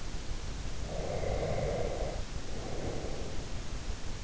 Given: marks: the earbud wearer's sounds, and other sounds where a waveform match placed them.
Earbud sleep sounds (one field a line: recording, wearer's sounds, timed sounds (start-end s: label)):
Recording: sounds in sleep by an in-ear microphone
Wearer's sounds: breath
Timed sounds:
0.77-3.55 s: breath